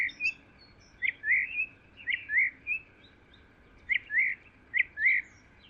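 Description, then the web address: Bird song: steady series of short, bright chirps in small groups, repeated throughout against faint background hiss. "Deverinetal. Bird Only"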